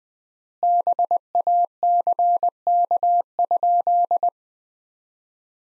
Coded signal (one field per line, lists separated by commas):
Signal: Morse code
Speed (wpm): 20 wpm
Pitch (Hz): 700 Hz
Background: none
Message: BACK?